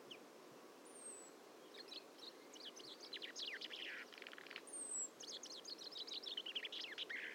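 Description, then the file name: Common chaffinch singing a few descending trilled song phrases, with thin high whistles from another bird over a hissy background. "Fringilla coelebs"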